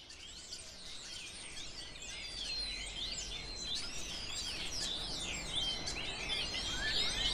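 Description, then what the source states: Birds singing in a dense chorus of high, quick, twittering chirps and whistles, growing slightly louder throughout above a steady low rumble. Birds recorded in a city.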